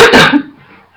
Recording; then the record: coughing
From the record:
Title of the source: Barking cough - # 10